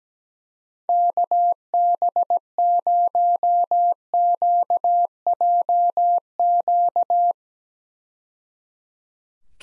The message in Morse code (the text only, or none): KB0QJQ